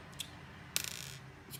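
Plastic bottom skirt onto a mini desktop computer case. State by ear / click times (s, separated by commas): partly seated / 0.8 s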